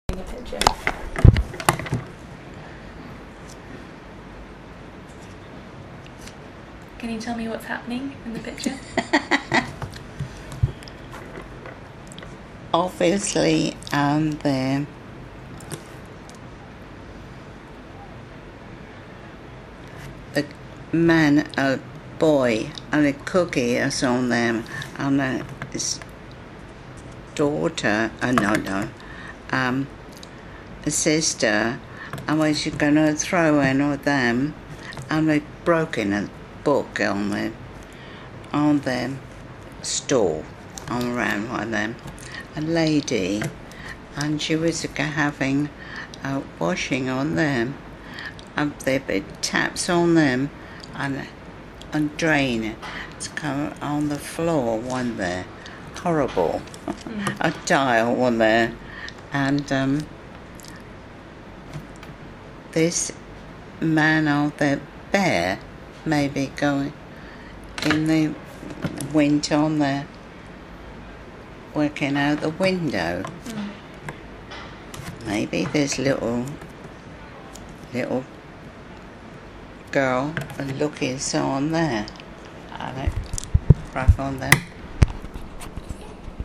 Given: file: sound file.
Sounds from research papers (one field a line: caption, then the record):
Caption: Patients with nfvPPA present with slow, effortful, hesitant and distorted speech.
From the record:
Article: Primary progressive aphasia: a clinical approach